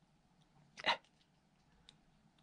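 A crimped metal contact pin on a thin solar panel wire is handled at a plastic MC4 connector housing, with a screwdriver tip pressing on the clip rather than the wire. A short broadband scrape-like burst is heard around 0.8–0.9 s, then a faint tick near 1.9 s over a quiet low hum. Nothing has seated or clicked into the housing yet.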